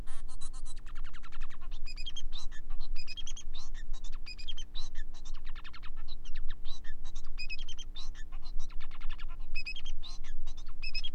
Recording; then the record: song of a male Bengalese finch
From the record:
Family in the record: son of father 4